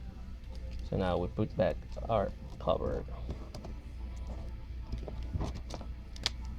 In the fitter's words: it doesn't snaps like real quick there's something on the way you